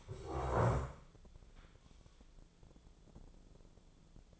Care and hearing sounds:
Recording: daily activity, microphone in the room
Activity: stand up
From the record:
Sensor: 5

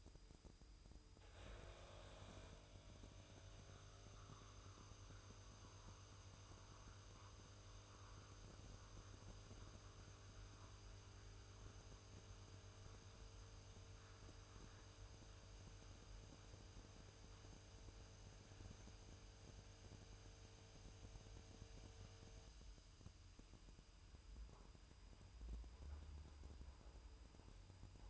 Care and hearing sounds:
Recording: daily activity, microphone in the room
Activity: make coffee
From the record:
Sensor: 2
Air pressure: 988.4 hPa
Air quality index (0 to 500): 190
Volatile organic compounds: 176 ppm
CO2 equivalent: 4129 ppm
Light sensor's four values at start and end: 20/69/27/26 and 20/69/27/26

